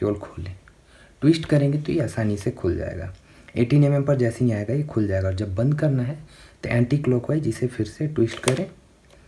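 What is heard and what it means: Someone talks while handling the collapsible kit zoom lens on a Canon EOS R100 mirrorless camera, twisting the lens barrel anticlockwise back toward its retracted, closed position, where it locks. Speech fills the clip with short pauses, and only a faint brief tick occurs near the end. The lens has not yet locked in its retracted position; nothing has seated or clicked.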